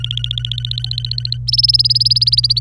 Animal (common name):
Domestic Canary